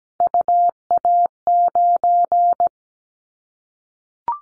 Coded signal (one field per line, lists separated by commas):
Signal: Morse code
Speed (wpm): 17 wpm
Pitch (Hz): 700 Hz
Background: none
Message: UA9